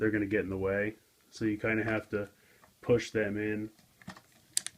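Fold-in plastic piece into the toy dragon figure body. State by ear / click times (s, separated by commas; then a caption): seated / 4.6 s. Someone talks, then pushes a non-spring-loaded, fold-in plastic piece into the body of a Super Megaforce Mystic Dragon Zord transforming toy so it won't get in the way when the figure is folded down. A few faint taps come at about 4.0–4.2 s, then a sharp, short click at 4.6 s as the piece seats and stays clicked in place.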